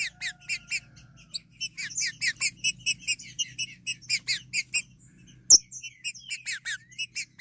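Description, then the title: Green-winged saltator with a steady sequence of short chirped notes and downslurs, over a faint low hum, plus one loud knock. "Trinca Ferro"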